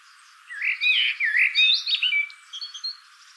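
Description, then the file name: Common blackbird gives one rich, flowing whistled phrase with looping notes, trailing off into softer, high chittering notes. "Turdus merula"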